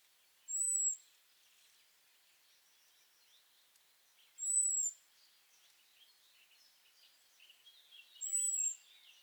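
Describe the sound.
European robin calls with a thin, high whistle repeated three times, roughly every four seconds, over faint twittering in the background.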